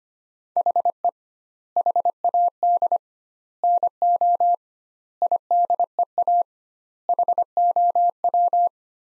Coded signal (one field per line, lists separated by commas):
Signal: Morse code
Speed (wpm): 25 wpm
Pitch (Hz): 700 Hz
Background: none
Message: HE HAD NO IDEA HOW